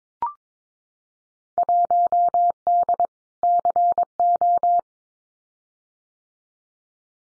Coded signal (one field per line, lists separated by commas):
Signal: Morse code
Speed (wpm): 22 wpm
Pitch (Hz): 700 Hz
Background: none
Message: 1D CO